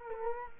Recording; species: mosquito wingbeat signal from an infrared sensor; Culex quinquefasciatus